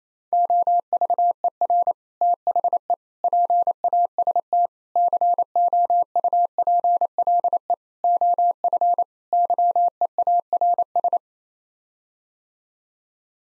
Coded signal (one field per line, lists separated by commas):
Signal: Morse code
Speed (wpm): 28 wpm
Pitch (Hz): 700 Hz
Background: none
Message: OVER THE PAST COUPLE OF YEARS